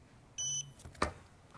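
During a brake master cylinder replacement on a 1998-2003 BMW E39 M5, a click-type torque wrench tightens the master cylinder mounting nuts onto the brake booster studs to 23 Nm. A short steady high-pitched beep sounds from about 0.4 to 0.6 s, then the wrench gives two quick clicks close together at about 1.0 s. The wrench clicks at its setting, confirming the nuts are torqued.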